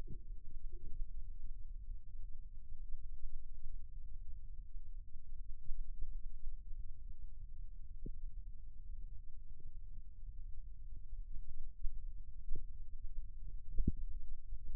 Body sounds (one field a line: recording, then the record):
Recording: forearm muscle sounds (acoustic myography)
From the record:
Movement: rest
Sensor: system 2, bracelet of six BSWA MPA416 microphones around the upper forearm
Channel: 1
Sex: male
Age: 22 years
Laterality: right